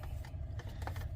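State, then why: Not seated. A plastic cover piece is rotated to clip into a CTMODS screen swivel tilt mount hinge kit on a Tesla Cybertruck, its left side refusing to click into place. A few short, faint taps and knocks sit over a steady low hum, with the strongest at about 0.9 s. Nothing has clicked into place yet.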